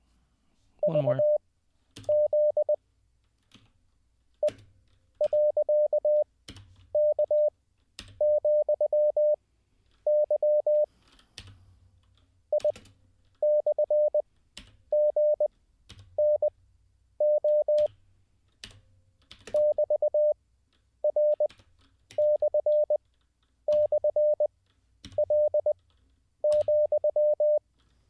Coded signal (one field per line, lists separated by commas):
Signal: Morse code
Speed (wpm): 20 wpm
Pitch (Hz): 600 Hz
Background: none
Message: VZ E.K,Y I/GNO <BT>R//L,